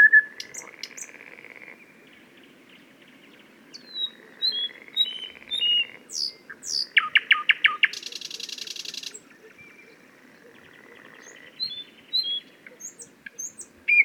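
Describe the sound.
Thrush nightingale singing rich phrases: soft whistles, knocking notes and a loud harsh rattle, with quieter gaps between strophes.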